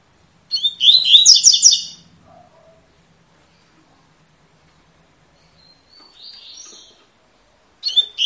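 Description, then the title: Double-collared seedeater song: a short, rapid, buzzy warbled phrase of about one and a half seconds, then faint high notes and the start of another phrase. Tui-tui song style, a teacher song for training young birds. "COLEIRO TUI TUI FIBRA CANTO PROFESSOR"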